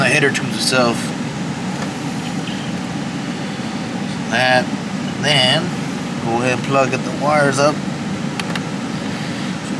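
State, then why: Seated. A wiring harness connector is pushed onto an ignition coil on a 2014 Chevy Camaro while someone talks over a steady background hum. Two sharp plastic clicks sound at 8.4 s and 8.6 s, showing the connector is seated.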